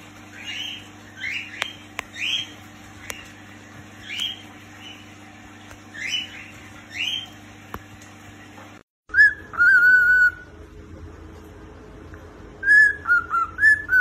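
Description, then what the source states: Cockatiel: rough, buzzy notes repeated over a steady electrical hum, then after a break clear whistled phrases that rise and fall. More than one cockatiel, whistling song.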